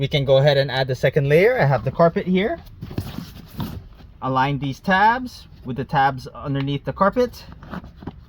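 Someone talks while lining up the tabs of the detachable carpet top layer of a Custom X1mats floor mat with the tabs on the rubber-like base mat in a Toyota Sequoia SUV, meant to snap on and stop the mat from moving. Brief handling knocks come at about 3.0, 3.6, 3.9 and 7.7 seconds. Nothing has seated or clicked yet.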